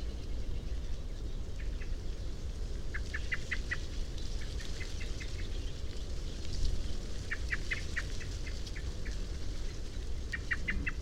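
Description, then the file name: Common blackbird call series: sharp repeated chink notes in several short bursts, with a constant low droning background. "Turdus merula"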